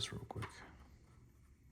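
A trigger assembly is handled inside a rifle lower receiver, being slid forward, while someone talks briefly over a few soft handling sounds. Nothing has seated or clicked yet; the part is not yet home.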